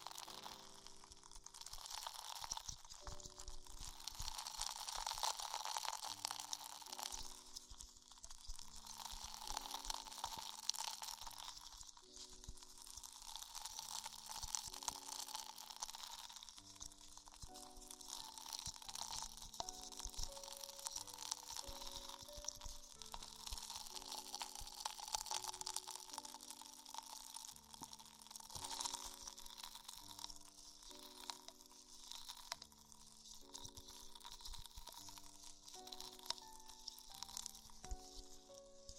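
Tingly ear exploration sounds, a dense, steady crackling and crunching with wet touches, over a soft melody of slowly stepping low notes throughout.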